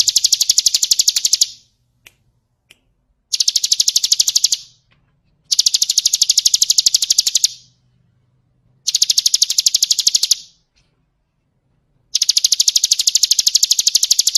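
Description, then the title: Bird repeating high rapid trills in bursts of about one and a half to two seconds, separated by silences of one to two seconds. Masteran (songbird training recording), described as the most complete bird collection. "Masteran burung terlengkap"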